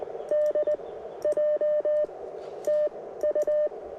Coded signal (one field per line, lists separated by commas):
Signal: Morse code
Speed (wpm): 20 wpm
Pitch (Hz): 620 Hz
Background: none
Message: DJ TU